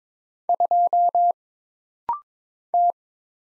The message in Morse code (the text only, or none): 2 T